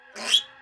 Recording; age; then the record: pig call; piglet (1 to 25 days)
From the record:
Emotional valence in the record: negative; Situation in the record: restrain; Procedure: back test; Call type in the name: high-frequency call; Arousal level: medium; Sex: male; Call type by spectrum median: high-frequency call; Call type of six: high-frequency stable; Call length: 0.62 s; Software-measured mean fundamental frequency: 208 Hz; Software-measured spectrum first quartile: 3133 Hz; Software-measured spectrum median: 3439 Hz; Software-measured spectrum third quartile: 5880 Hz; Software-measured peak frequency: 3259 Hz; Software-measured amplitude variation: 162 dB a second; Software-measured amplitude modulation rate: 13.7 a second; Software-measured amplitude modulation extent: 11.8 dB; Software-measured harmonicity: 8.7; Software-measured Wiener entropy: -2.34